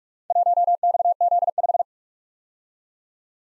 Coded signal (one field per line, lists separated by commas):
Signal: Morse code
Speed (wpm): 43 wpm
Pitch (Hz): 700 Hz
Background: none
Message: 1XZ5